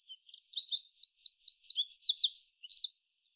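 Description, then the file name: Eurasian wren song, a rapid, high, tumbling series of sharp down-slurred notes and brisk trills lasting about three seconds, clear against quiet background. "Troglodytes troglodytes"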